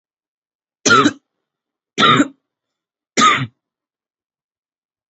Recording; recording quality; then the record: heavy voluntary cough; excellent, no background noise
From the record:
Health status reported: healthy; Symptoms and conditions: none ticked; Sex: male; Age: 19 years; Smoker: not ticked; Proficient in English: yes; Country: India